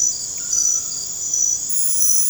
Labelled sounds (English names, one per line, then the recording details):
none
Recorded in dense forest near Puerto Asís, Putumayo, Colombia, on 21 December 2024 at 23:00
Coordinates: 0.481, -76.323
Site G100